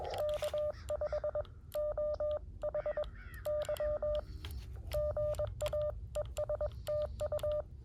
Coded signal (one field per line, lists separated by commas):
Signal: Morse code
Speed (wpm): 21 wpm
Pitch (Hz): 600 Hz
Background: none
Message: K5OHY GA ES TU